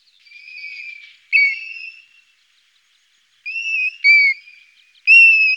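Golden plover giving plaintive whistled calls, a softer drawn-out note followed by several clear, slightly falling whistles in short bursts with brief pauses between.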